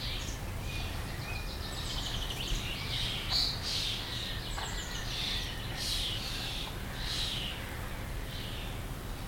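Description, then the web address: Common starling chatter: a busy jumble of clicks, short whistles and rattling notes, set against a constant low rumbling background noise. "linnut kottaraiset"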